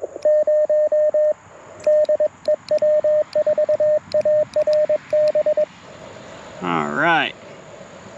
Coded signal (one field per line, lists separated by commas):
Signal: Morse code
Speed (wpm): 21 wpm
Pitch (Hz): 610 Hz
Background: speech, radio noise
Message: 0 DE W4ARB E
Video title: QRP CW with ATU-10 and PackTenna Random Wire - POTA 8/24/23 @ K-4451